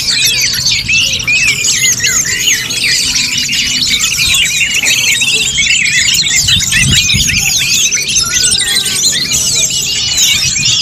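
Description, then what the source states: Dense bird chatter of high chirps, trills and short sweeping whistles running without a break. Chirping birdsong recording made for training and tutoring favourite pet birds.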